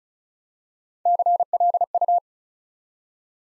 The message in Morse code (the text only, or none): CLU